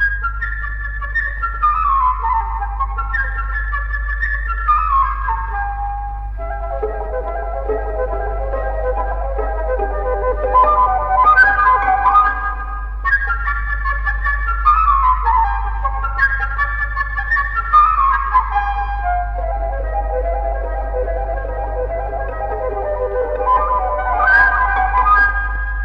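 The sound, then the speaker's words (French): A flute imitates a blackbird's cheerful whistling, playing bright, twittering phrases that tumble downward and repeat in waves over a steady low hum, with no voices. “Il rencontra, perché dans un grand arbre, un de ses amis, le merle, qui se mit à siffler joyeusement.”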